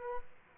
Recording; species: mosquito wingbeat signal from an infrared sensor; Aedes aegypti